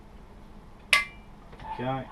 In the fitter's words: and we'll just start in a cross crisscross pattern and we'll talk these in now until you hear the click